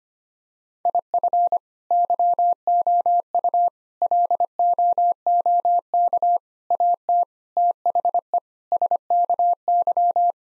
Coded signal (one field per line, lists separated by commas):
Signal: Morse code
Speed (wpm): 25 wpm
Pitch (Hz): 700 Hz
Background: none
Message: IF YOU LOOK AT THE SKY